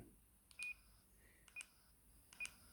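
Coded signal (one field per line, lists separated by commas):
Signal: none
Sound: radio button beeps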